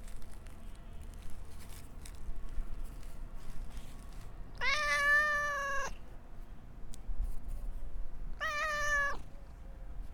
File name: Catmewing